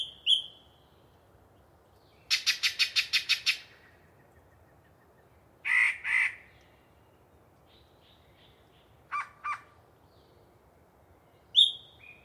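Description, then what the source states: Yellow-breasted chat song with mixed phrases: a fast run of rattling notes, paired harsh chucks, short clucks and clear whistles, spaced by brief silences. Long, sustained pre-dawn song from a particularly chatty bird in deciduous cover.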